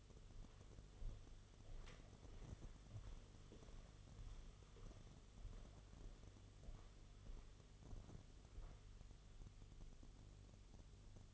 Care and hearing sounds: daily activity, microphone in the room; walk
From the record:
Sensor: 4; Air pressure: 1016.2 hPa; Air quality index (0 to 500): 162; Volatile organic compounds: 6 ppm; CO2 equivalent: 1846 ppm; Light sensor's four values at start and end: 10/21/8/8 and 10/21/8/8

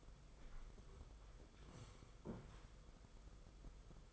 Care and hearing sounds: daily activity, microphone in the room; sit down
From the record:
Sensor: 5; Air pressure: 990.7 hPa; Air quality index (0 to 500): 150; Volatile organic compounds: 162 ppm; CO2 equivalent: 4075 ppm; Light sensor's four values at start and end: 41/127/49/52 and 42/128/49/52

